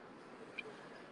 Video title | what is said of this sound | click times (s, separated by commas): Killer instinct Crossbow SWAT | you can keeping hear an audible clicks and also lose about a quarter of an inch about the length of that knot so | 0.6 s